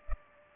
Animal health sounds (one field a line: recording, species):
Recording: mosquito wingbeat signal from an infrared sensor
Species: Culex pipiens